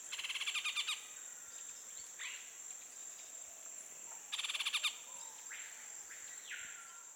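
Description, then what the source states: Sardinian warbler calls: two short, dry rattling bursts of rapid notes separated by quieter scratchy notes, over a continuous high insect drone. Recorded 23 July 2009.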